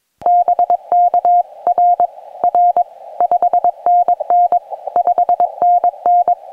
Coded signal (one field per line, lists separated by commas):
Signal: Morse code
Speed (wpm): 23 wpm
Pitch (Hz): 700 Hz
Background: none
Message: BK R R 5NN 5NN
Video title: First-Time SOTA Activation in Wyoming